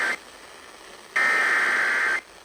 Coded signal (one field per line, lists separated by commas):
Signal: Emergency Alert System (SAME) tones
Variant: header bursts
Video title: EAS #2725 Severe Thunderstorm Warning on WZOK